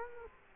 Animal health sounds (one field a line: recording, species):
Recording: mosquito wingbeat signal from an infrared sensor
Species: Culex quinquefasciatus